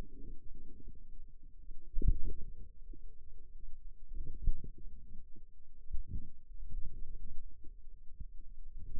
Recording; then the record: forearm muscle sounds (acoustic myography)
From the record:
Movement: wrist extension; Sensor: system 2, bracelet of six BSWA MPA416 microphones around the upper forearm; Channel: 2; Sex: female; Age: 23 years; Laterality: right